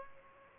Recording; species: mosquito wingbeat signal from an infrared sensor; Aedes aegypti